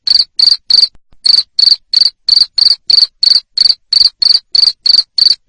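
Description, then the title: Cricket producing rapid high-pitched chirps at about three per second, with a brief pause early on. Loud cricket chirping used to make lovebirds sing continuously. "Suara JANGKRIK NGERIK Keras Bikin LOVEBIRD Jadi NGEKEK Terus"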